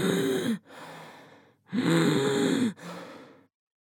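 Two breath cycles from an adult, each with a loud phase carrying steady, low-pitched musical tones followed by a quieter, airy phase. These continuous tonal sounds are wheezes, a sign of narrowed airways.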